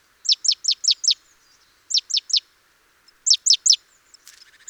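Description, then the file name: Great tit calls: bursts of three to five very high, sharply falling notes in quick succession, groups separated by short pauses, with a faint noisy rasp near the end. "Parus major"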